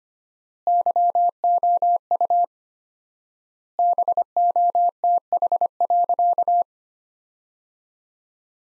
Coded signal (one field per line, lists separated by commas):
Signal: Morse code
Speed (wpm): 25 wpm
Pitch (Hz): 700 Hz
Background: none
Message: YOU BOTH.